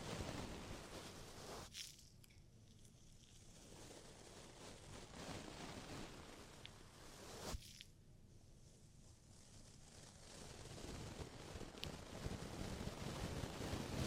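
Ear cleaning sounds: a dense, scratchy rustling that swells and fades, with quieter muffled stretches around two and eight seconds. Sharp clicks punctuate it near two, seven and a half, and twelve seconds, and the rubbing grows fuller toward the end.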